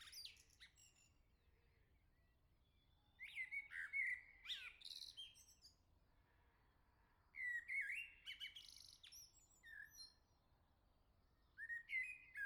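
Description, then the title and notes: Common blackbird song: a brief twitter, then two full phrases of mellow warbled notes ending in high squeaky twittering, and the start of a third. "Le Merle salue l'été, 3 Gd Rue de Chassagne, 17220 La Jarrie, France. Quel Sol!!!! pour saluer l'arrivée de l'été ce matin! Merci Jolie Merle de tes vocalises à proximité!"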